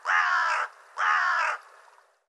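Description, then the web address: Bird calling with two long, harsh caws separated by a brief pause. "cianscape birddata Deverinetal 2025"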